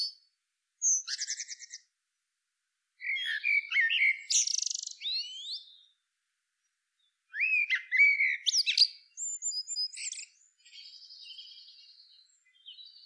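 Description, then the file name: Common blackbird song, somewhat fragmented: bursts of warbled whistles and squeaky twittering notes, with quiet gaps and a fading thin trill near the end. "Turdus merula"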